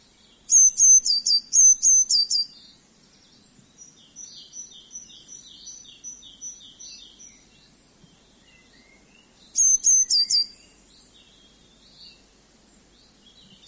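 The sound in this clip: Eurasian blue tit song: two bursts of high, thin notes, the first around half a second in, the second near ten seconds, with faint softer chips between.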